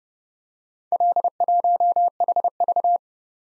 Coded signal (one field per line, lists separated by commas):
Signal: Morse code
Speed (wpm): 29 wpm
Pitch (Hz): 700 Hz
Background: none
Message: L1HV